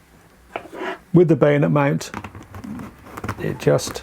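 A folded-open softbox modifier is twisted against the bayonet mount of a Godox Lux Retro flashgun while searching for the right spot, with small handling sounds around 0.6 s and between 2.4 and 3.2 s as someone talks. The clip ends before the softbox goes home; nothing has seated or clicked into place yet.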